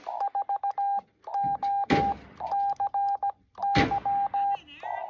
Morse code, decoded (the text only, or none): 4OCY